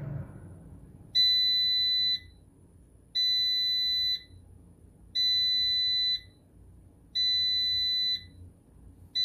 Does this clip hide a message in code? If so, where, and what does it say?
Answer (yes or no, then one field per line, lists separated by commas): no